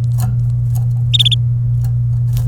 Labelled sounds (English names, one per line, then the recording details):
Domestic Canary song
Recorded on 27 April 2018 at 13:42
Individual llb3